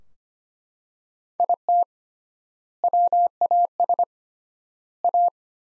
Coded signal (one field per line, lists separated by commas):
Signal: Morse code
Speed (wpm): 25 wpm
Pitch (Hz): 700 Hz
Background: none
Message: IT WAS A